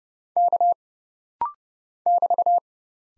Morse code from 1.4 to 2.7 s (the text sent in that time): <BT>